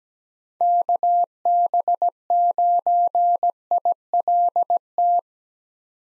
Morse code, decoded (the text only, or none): KB9ILT